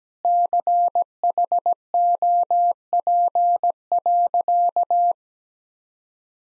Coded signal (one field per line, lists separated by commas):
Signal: Morse code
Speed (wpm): 17 wpm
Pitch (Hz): 700 Hz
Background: none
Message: CHOP.